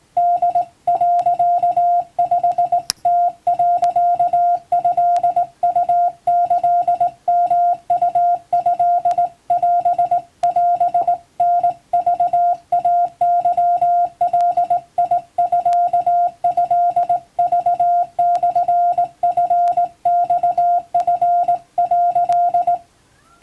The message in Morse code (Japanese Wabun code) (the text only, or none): ホ、5ム、トウキヨウトオオタクイケガミトクモチマチ」